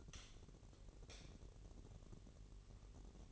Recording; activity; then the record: daily activity, microphone in the room; light off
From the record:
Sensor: 4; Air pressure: 1012.7 hPa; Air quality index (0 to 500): 246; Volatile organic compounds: 4 ppm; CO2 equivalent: 1676 ppm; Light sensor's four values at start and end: 17/44/17/18 and 15/34/14/14